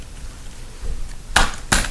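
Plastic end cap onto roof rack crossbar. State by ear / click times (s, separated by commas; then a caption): seated / 1.4 s. A plastic end cap is pushed over the top of a crossbar on a Yakima Baseline and JetStream roof rack until it snaps in, with a sharp click at 1.4 s followed by a second loud snap at 1.7 s over low background rumble. The end cap is seated.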